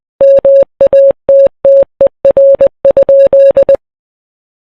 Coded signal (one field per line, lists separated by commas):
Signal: Morse code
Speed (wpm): 20 wpm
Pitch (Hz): 550 Hz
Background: none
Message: MATTER?